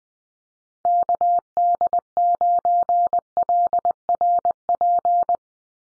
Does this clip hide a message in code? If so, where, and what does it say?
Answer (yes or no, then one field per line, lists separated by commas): yes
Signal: Morse code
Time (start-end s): 0.9-5.4 s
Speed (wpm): 20 wpm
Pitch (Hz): 700 Hz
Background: none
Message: KD9LRP